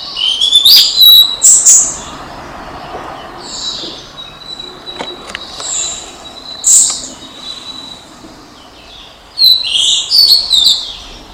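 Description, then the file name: Blue-and-white flycatcher song: high whistled phrases with sliding notes, softer whistles in the middle, then louder phrases near seven seconds and at the end. Recorded 3 May 2016. "20160503 ooruri"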